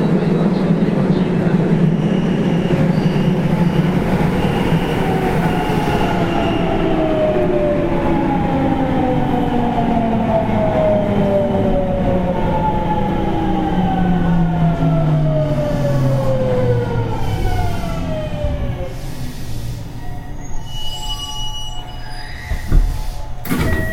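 Running sound of a 207 series electric train: a steady, dense rumble with a motor whine that glides downward from about 7 to 20 seconds as the train slows. The noise eases after 20 seconds, with a few sharp clicks near the end.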